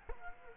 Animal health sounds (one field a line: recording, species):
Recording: mosquito wingbeat signal from an infrared sensor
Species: Culex quinquefasciatus